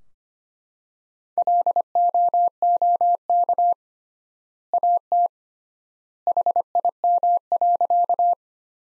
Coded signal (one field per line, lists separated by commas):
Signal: Morse code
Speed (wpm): 25 wpm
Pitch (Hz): 700 Hz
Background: none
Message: LOOK AT HIM.